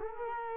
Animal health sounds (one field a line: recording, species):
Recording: mosquito wingbeat signal from an infrared sensor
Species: Culex quinquefasciatus